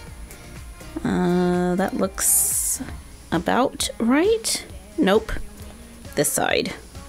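A plastic side panel is handled against the frame of a Zuru 5 Surprise Mini Brands Series 2 miniature toy cart; the first try is on the wrong side, so the orientation is corrected. Someone talks over background music, with a brief sharp sound near 0.3 s. Nothing has seated or clicked yet.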